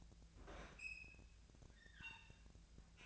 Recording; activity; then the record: daily activity, microphone in the room; open fridge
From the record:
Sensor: 2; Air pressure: 1009.6 hPa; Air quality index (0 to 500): 182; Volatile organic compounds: 11 ppm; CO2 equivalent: 2272 ppm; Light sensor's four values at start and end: 27/65/28/31 and 27/65/28/31